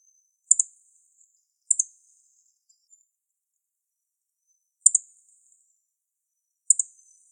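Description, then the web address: Yellow-throated bunting calls: four brief high tsip-like double notes, spaced irregularly over about seven seconds, with silence between them. Recorded 26 December 2014. "birdenaga miyamahojiro"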